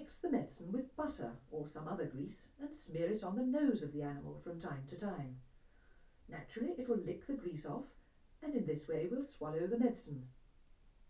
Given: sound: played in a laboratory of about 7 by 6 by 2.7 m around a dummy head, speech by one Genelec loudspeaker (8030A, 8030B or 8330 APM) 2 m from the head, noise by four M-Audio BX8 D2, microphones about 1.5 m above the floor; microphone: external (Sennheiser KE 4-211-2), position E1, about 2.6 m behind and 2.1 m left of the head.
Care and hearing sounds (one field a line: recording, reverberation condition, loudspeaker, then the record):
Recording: female speech in English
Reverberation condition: low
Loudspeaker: 150 degrees to the right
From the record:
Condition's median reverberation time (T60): about 310 ms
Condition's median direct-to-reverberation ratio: about 3.5 dB